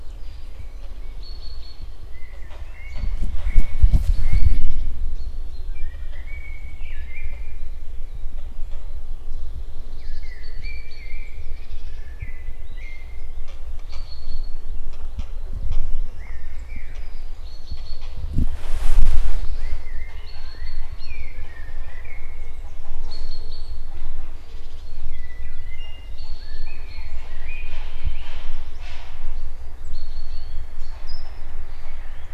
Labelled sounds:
Grey Heron call
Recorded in the wild
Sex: diverse
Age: diverse
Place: Zielow, Müritz, Mecklenburg-Vorpommern, DE
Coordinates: 53.3631, 12.6906
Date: 1998-04-07
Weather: wolkig, 12°C
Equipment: Sony TCD-D3, Telinga Pro 5 (ohne Reflektor)
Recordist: Frommolt, Karl-Heinz

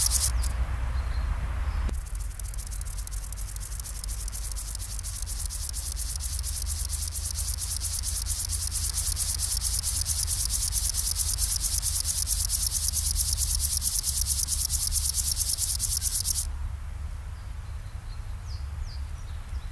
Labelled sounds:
Upland Field Grasshopper stridulation
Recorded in the wild
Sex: male
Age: imago
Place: Caputh, Brandenburg, DE
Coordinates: 52.3364, 12.955
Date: 1996-07-21 15:14
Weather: sunny, 23°C
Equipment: Sony MD-WM MZ-R3, Sennheiser MKH 416 T, Kopie Uher 4000 Report Monitor
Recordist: Tembrock, Günter

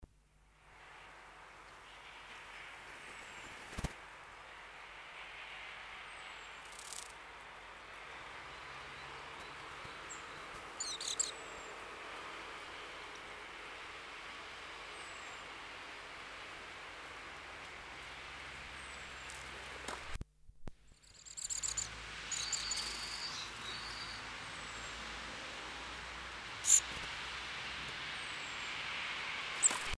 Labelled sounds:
Great Tit call
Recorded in the wild
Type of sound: call
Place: Kaiserslautern, Rheinland-Pfalz, DE
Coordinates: 49.4247, 7.77889
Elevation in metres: 279
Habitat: garden
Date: 1983-05-23
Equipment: Nagra IV, Sennheiser MKH 405, Parabolreflektor
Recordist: Tretzel, Erwin
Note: Aufnahmen ab Mitte Mai 1983, beendet Pfingstmontag, 23.5.1983, Garten, Kaiserslautern: Rufe

